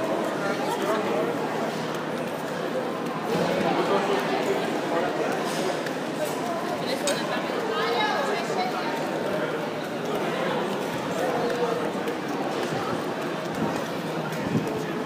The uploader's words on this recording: The sound of a walk on The High Line in New York City at High Line Park by David Noël.